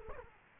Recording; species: mosquito wingbeat signal from an infrared sensor; Culex quinquefasciatus